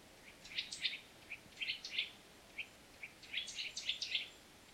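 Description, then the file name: Eurasian nuthatch calls: quick bursts of bright chirping notes in two clusters, with a few isolated short notes between them. "Sitta europaea"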